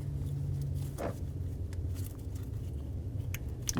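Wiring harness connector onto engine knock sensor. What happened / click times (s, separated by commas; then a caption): The connector clicked into place / 3.7 s. A plastic wiring harness connector is pushed onto a new engine knock sensor on a 2007-2017 Ford Expedition, then tugged to check that it holds. Over a low steady rumble with a few faint ticks, a sharp click sounds at 3.7 s. The connector is seated.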